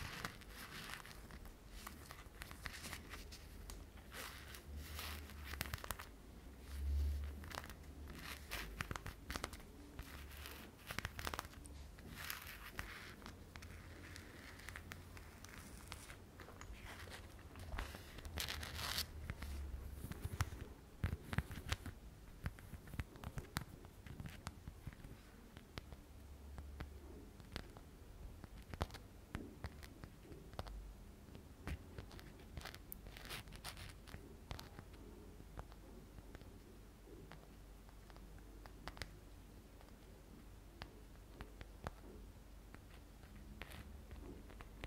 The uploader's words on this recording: ASMR Tapping and Scratching Sounds (Glass, Sponge and Purse).